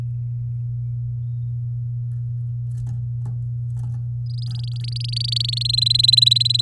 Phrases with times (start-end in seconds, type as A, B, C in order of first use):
4.25-5.63 A, 5.65-6.61 B